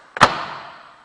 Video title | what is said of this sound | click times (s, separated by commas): How to tint a complete car part1 by Tint Pros | try to get a little grip on the panel just give it a little tug you'll hear it snap | 0.2 s